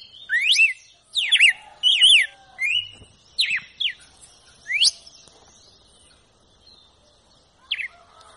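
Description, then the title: Red-cowled cardinal giving a short burst of sharp, slurred whistled notes, some doubled, followed by quiet and one last faint note. Female, wild. "Canto Galo Campina Fêmea. GALO DE CAMPINA CANTO ? SELVAGEM"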